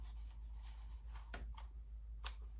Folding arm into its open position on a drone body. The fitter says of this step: snaps into place